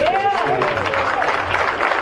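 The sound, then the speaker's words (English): An audience claps in a steady, moderate wash of overlapping hand claps for about two seconds, with a few voices calling out over it. The applause stays even and never builds to a loud roar. “Y'all notice they wouldn't clap loud on that.”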